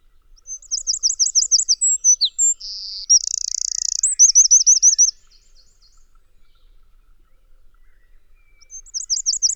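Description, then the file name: Eurasian wren delivering a loud high song of looping trills and a buzzy rattle, followed by a long silence before the next song begins. "Troglodytes troglodytes"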